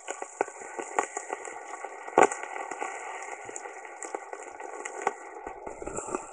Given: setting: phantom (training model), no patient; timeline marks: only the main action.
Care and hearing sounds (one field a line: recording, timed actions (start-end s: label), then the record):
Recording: laparoscopic instrument, vibration sensor on the handle end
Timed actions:
0.00-6.33 s: coagulation
From the record:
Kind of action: gesture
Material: ex-vivo porcine liver